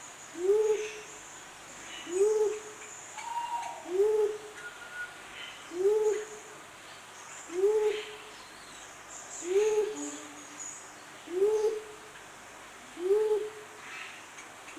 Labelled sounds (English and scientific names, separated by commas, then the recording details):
Mindanao Bleeding-heart (Gallicolumba crinigera) call
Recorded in captivity
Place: Zoo Berlin, Berlin, DE
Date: 2004-09-17 12:44
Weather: sunny, 19°C
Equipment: Sony WM-D6C, Sennheiser ME 80, Kopie Uher 4000 Report Monitor
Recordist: Tembrock, Günter